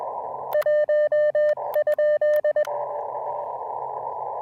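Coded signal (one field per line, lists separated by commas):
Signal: Morse code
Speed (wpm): 20 wpm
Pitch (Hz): 600 Hz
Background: radio noise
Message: 1?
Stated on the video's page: QRP CW POTA park activation using Elecraft KX2 with KXPD2 paddles and an end-fed half-wave antenna.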